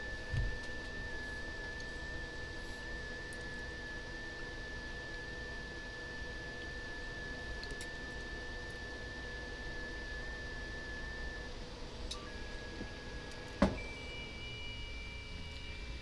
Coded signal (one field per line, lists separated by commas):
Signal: FT8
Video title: WSJT-X FT8 EASY Newest Features Operating Guide Part 2 With Hound Dxpedition Mode